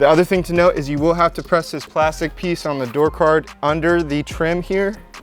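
During installation of OEM BMW Shadowline trim on a G20 BMW 3 Series, the plastic piece on the door card under the window trim is handled before being pressed by hand so it pops into place. Someone talks throughout, and nothing has seated or clicked yet.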